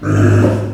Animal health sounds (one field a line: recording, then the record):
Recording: squeal of a Yucatan mini pig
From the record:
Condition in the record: after surgery on the right vocal fold (resection and tissue-engineered implant)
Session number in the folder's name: 7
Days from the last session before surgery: 47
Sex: female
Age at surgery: 19 weeks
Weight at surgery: 25 kg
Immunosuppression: prednisolone